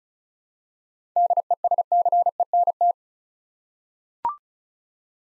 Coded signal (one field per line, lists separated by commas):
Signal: Morse code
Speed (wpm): 36 wpm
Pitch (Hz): 700 Hz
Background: none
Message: DESCENT